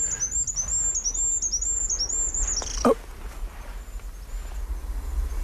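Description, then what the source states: Goldcrest song, a high, thin run of quickly repeated notes lasting nearly three seconds, then a brief sharp sound and quiet background hiss. Wild bird singing live among tall spruce trees, ideal goldcrest habitat; song described as very high, thin and soft.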